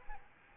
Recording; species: mosquito wingbeat signal from an infrared sensor; Aedes albopictus